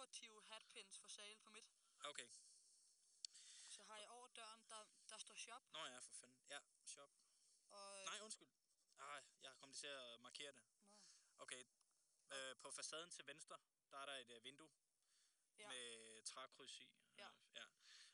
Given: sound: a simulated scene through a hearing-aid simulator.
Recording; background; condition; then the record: conversation; quiet; 75 dB SPL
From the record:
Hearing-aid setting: III (slow-acting compression, loudness normalization, advanced features for about 2.5 dB of SNR improvement); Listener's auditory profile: A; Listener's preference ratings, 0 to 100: 71, 100, 92